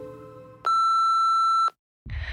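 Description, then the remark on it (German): A phone rings on a Sunday with a single loud, steady electronic tone lasting about a second, cutting off into brief silence before a burst of rough noise. “Du kannst dein Telefon nicht einfach ausmachen, bloß weil Sonntag ist. Das interessiert mich nicht. Geh ran.”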